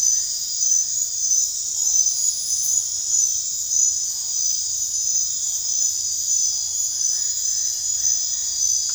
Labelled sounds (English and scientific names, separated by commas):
none